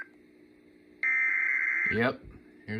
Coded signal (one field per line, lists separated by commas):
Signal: Emergency Alert System (SAME) tones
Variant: header bursts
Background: speech